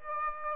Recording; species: mosquito wingbeat signal from an infrared sensor; Aedes aegypti